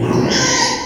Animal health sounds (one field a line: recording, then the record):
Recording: squeal of a Yucatan mini pig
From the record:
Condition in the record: before surgery on the right vocal fold (resection and tissue-engineered implant)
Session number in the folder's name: 2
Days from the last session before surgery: 0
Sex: male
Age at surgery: 12 weeks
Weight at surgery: 13 kg